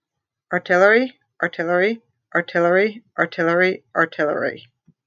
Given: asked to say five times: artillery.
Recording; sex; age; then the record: repeated word; female; 40 to 49 years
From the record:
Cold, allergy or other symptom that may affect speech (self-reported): no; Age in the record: 43 years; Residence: New Jersey, United States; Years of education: 12